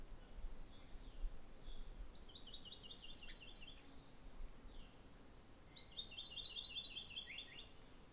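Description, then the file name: Maui parrotbill giving two rapid series of high, even chirped notes, one at about two seconds and another near six seconds, over steady low background rumble. "Maui Parrotbill Pseudonestor xanthophrys"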